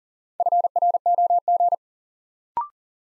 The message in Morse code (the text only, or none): FROG